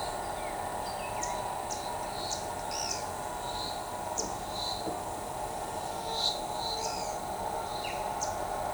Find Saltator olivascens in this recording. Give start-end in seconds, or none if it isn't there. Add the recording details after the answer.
none. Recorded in shrubland near Pivijay, Magdalena, Colombia, on 13 April 2023 at 12:00. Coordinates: 10.453, -74.365. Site P5-G022